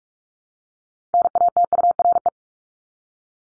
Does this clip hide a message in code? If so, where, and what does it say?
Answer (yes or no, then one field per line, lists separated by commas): yes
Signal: Morse code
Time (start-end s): 1.1-2.3 s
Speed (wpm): 44 wpm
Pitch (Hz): 700 Hz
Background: none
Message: NATURE